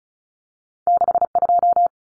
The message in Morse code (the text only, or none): 62